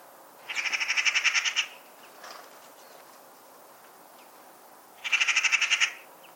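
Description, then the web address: Bird producing two buzzy, rapidly pulsed rattling calls a few seconds apart, each a steady stream of fast harsh beats. "cianscape birddata Deverinetal 2025"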